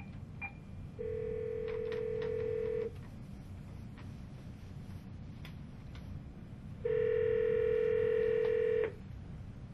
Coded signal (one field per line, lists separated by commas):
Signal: telephone call progress tone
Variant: North America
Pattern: ringback tone